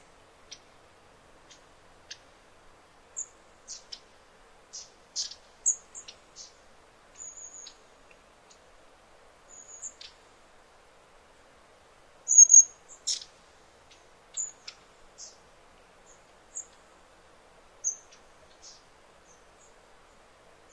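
Sparse, high bird chirps and short twitters sound every second or two over near silence, with a louder cluster around twelve seconds.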